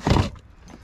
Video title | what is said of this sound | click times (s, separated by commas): Solo Motorhome Trip - Going It Alone! | it's clicked in place there i close the hatch | 0.1 s